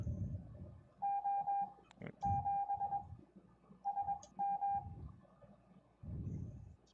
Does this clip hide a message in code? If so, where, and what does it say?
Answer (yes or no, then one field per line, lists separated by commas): yes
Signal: Morse code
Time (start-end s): 1.0-4.8 s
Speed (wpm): 21 wpm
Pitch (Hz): 800 Hz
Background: none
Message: O 7 SM